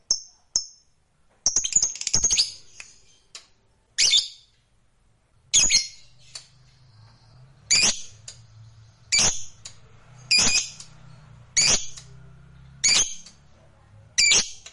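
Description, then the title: Lovebird uttering strident, raspy screeches at irregular intervals, with a faint low hum underneath. Fighter-type lovebird singing energetically (gacor). "Berkat SUARA Lovebird FIGHTER GACOR Ini"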